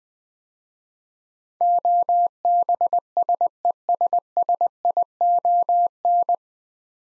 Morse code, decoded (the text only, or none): OBSESSION